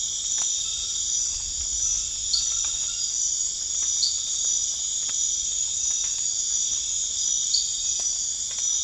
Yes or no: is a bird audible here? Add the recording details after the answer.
no. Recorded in pastures near Puerto Asís, Putumayo, Colombia, on 8 March 2025 at 00:30. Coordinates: 0.502, -76.324. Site GP07